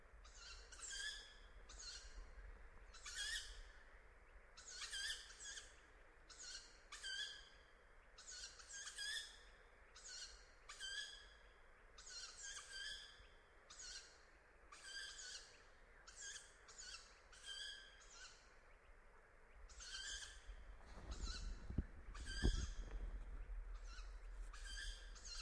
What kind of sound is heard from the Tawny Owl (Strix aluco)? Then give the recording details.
call. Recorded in the wild. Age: juvenile. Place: Kützerhof, Kummerower See, Mecklenburg-Vorpommern, DE. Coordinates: 53.8719, 12.8372. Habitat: forest. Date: 2010-06-24. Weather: 13°C, windstill. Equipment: Sound Devices 702, Sennheiser MKH 70, Rycote Windschutz. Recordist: Frommolt, Karl-Heinz. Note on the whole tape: Wald zwischen Kützerhof und Dargun: Rufe von Waldkauzästlingen. Offensichtlich zwei Familen. Sehr gute Aufnahmequalität. Entfernung minimal ca. 10 m